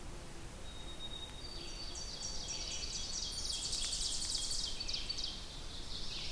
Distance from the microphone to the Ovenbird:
about 80 m